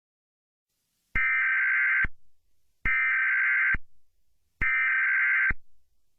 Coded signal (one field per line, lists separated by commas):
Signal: Emergency Alert System (SAME) tones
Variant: header bursts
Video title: EAS Mock Test - Tornado Warning